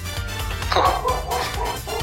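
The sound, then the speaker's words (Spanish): A dog barks a few times, short sharp yaps rising over a steady low rumble of background noise. “Y hay un perro, y hay un perro ladrando.”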